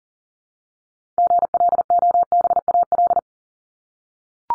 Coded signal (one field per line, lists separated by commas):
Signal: Morse code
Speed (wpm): 40 wpm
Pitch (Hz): 700 Hz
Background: none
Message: GLOBAL